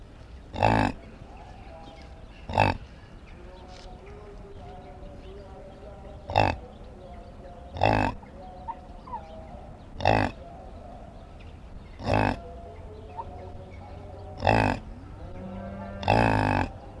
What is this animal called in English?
Yak